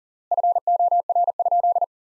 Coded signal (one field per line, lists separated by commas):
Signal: Morse code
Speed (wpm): 40 wpm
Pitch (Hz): 700 Hz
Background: none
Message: FOR?